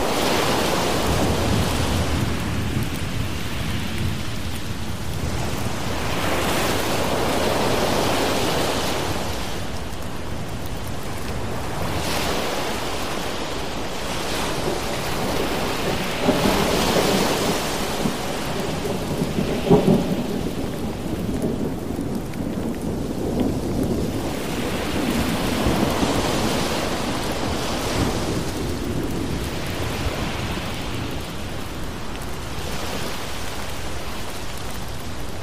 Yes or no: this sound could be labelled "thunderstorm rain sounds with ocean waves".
yes